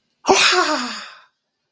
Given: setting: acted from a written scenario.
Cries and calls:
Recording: vocal sound without words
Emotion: negative surprise

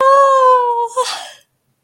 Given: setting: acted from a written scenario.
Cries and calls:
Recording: vocal sound without words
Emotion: elation

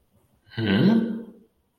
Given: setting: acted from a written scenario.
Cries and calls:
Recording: vocal sound without words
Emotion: confusion

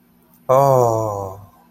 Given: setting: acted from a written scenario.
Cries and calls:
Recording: vocal sound without words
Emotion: awe

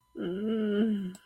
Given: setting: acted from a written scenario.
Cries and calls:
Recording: vocal sound without words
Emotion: guilt

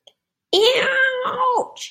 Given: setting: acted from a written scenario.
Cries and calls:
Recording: vocal sound without words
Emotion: pain

